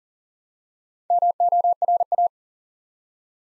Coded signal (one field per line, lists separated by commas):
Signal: Morse code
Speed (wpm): 40 wpm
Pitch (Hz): 700 Hz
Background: none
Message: MORA